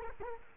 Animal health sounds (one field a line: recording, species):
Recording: mosquito wingbeat signal from an infrared sensor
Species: Culex quinquefasciatus